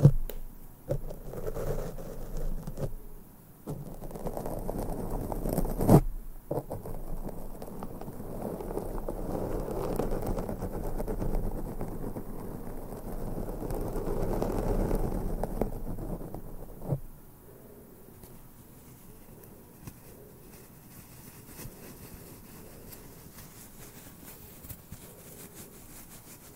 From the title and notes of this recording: ASMR INTENSE MIC BRUSHING NO TALKING, ASMR BRUSHING SOUNDS, BRUSH MICROPHONE ASMR.